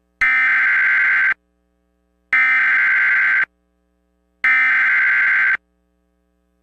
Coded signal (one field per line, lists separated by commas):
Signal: Emergency Alert System (SAME) tones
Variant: header bursts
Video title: EAS MOCK 40- SOUTH TEXAS AMBER ALERT